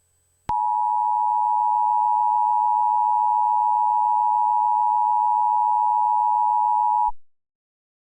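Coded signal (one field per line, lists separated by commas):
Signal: Emergency Alert System (SAME) tones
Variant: 853 and 960 Hz attention tone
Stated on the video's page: Fictional EAS scenario about zombies, made for entertainment.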